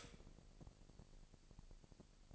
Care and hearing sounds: daily activity, microphone in the room; stop toaster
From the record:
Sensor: 5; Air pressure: 1007.2 hPa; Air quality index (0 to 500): 126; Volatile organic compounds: 1 ppm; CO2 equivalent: 957 ppm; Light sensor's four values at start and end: 31/71/30/31 and 31/71/30/31

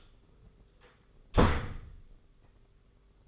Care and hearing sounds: daily activity, microphone in the room; close door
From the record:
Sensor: 4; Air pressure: 991.2 hPa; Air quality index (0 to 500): 133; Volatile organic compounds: 47 ppm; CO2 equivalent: 3252 ppm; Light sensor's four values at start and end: 14/34/13/15 and 9/22/8/9

